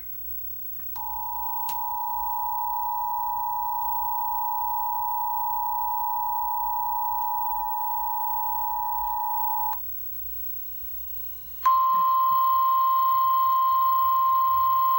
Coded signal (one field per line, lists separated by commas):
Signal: Emergency Alert System (SAME) tones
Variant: 853 and 960 Hz attention tone